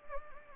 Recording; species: mosquito wingbeat signal from an infrared sensor; Anopheles gambiae